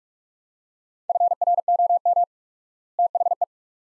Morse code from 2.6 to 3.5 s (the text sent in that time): THE